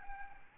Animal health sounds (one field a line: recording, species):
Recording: mosquito wingbeat signal from an infrared sensor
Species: Aedes albopictus